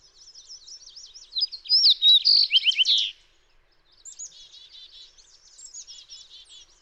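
Fox sparrow song: a rich run of slurred whistled notes, with softer fast buzzy trills before and after.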